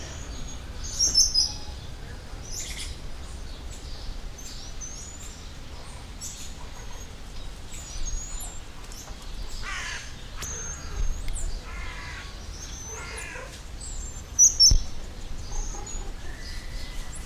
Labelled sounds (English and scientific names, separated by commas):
White-headed Marmoset (Callithrix geoffroyi) call